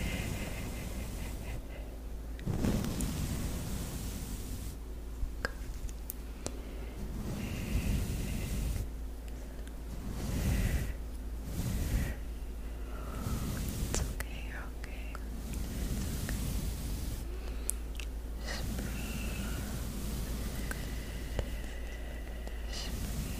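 Soft, breathy whisper-like hisses come and go in short bursts, with crisp plucking clicks and little snaps scattered every second or two. A faint steady low hum sits underneath; the texture stays gentle and fairly even throughout.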